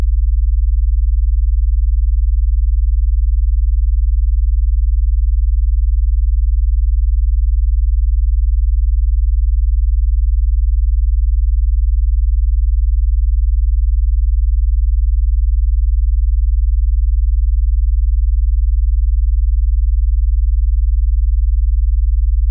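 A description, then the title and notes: Binaural beats at 20Hz: a steady, very low hum that holds unchanged from start to finish. Nothing brighter sits above it, only a faint low murmur, and no events break the constant tone. Focus and Concentration - Beta 20Hz Binaural Beats.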